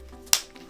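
A plastic ear pad mounting ring is worked around and pressed into a headphone earcup. Its next tab snaps into place with a sharp click at 0.3 s, followed by a faint tap at 0.6 s. The tab is seated.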